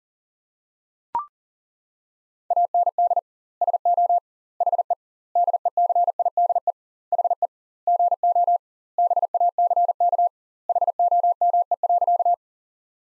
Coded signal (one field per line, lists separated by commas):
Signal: Morse code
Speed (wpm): 40 wpm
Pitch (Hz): 700 Hz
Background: none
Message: AND SO HE DECIDE HE GO BACK HOME.